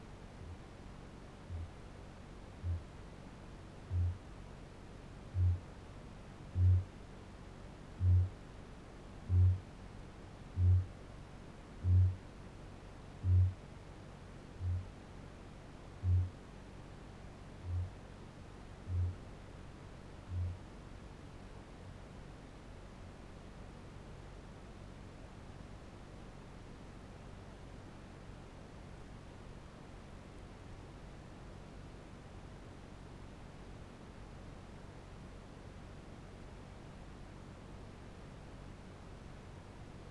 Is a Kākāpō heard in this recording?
yes